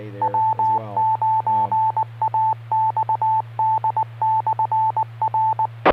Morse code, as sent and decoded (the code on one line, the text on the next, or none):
.-- ----. .- -..- -.. -..-. .-.
W9AXD/R